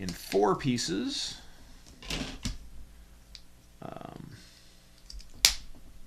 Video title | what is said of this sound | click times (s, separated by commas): poke-models...? | oh that was a satisfying click love that sound | 5.5 s